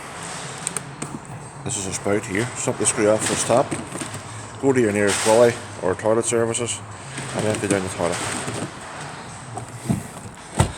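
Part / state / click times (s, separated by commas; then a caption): toilet waste cassette into its housing in the motorhome wall / seated / 10.6 s. A removable toilet waste cassette is slid back into its housing in a motorhome's side compartment after being emptied. Someone talks throughout, with a few light knocks early on. A sharp click at 10.6 s marks the cassette latching back into place.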